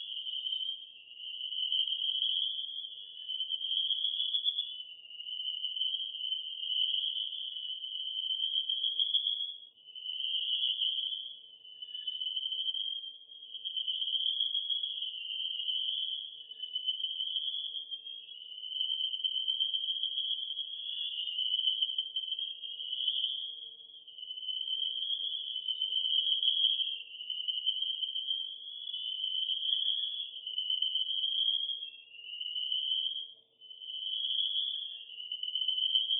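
Crickets trill steadily and densely at a high, bright pitch, pulsing in slight waves with barely any pause, over a faint low hum.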